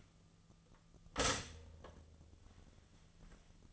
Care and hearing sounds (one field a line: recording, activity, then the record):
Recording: daily activity, microphone in the room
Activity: stop toaster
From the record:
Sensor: 4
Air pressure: 1010.1 hPa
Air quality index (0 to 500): 180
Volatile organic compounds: 5 ppm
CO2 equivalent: 1816 ppm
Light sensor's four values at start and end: 23/70/27/27 and 23/69/27/27